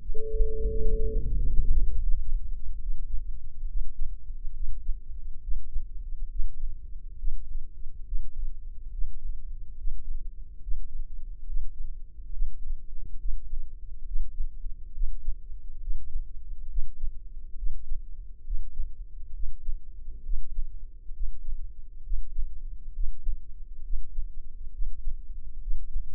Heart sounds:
heart sounds by microphone in the left ear; 70 bpm
0.68 s: heartbeat
1.36 s: heartbeat
2.01 s: heartbeat
2.81 s: heartbeat
3.67 s: heartbeat
4.54 s: heartbeat
5.42 s: heartbeat
6.29 s: heartbeat
7.17 s: heartbeat
8.05 s: heartbeat
8.91 s: heartbeat
9.77 s: heartbeat
10.61 s: heartbeat
11.46 s: heartbeat
12.32 s: heartbeat
13.18 s: heartbeat
14.05 s: heartbeat
14.93 s: heartbeat
15.81 s: heartbeat
16.69 s: heartbeat
17.56 s: heartbeat
18.45 s: heartbeat
19.34 s: heartbeat
20.23 s: heartbeat
21.13 s: heartbeat
22.04 s: heartbeat
22.94 s: heartbeat
23.83 s: heartbeat
24.72 s: heartbeat
25.61 s: heartbeat
From the record:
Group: healthy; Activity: rest 0-2 s, breath hold 2-26 s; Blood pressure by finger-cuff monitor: 165/90 mmHg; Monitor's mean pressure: 107 mmHg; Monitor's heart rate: 68 bpm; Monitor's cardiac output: 6.8 L/min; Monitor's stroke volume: 99 mL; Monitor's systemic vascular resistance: 1160 dyn s/cm5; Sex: male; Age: 57 years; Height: 188 cm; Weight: 106 kg

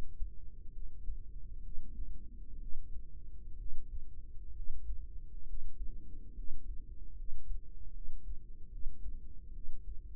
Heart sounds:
heart sounds by microphone in the right ear; 68 bpm
0.71 s: heartbeat
1.61 s: heartbeat
2.57 s: heartbeat
3.55 s: heartbeat
4.52 s: heartbeat
5.44 s: heartbeat
6.33 s: heartbeat
7.14 s: heartbeat
7.91 s: heartbeat
8.68 s: heartbeat
9.51 s: heartbeat
From the record:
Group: healthy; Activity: rest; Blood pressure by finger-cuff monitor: 128/65 mmHg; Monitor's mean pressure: 82 mmHg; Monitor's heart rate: 67 bpm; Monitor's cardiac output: 5.8 L/min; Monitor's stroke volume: 86 mL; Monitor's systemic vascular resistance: 1080 dyn s/cm5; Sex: female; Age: 32 years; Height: 168 cm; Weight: 61.9 kg

